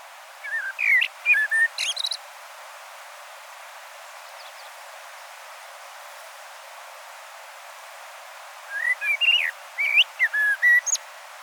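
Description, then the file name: Common blackbird phrases: two bursts of short fluty notes, each ending in thin high twittering, separated by about six seconds of quiet hiss. "Turdus merula"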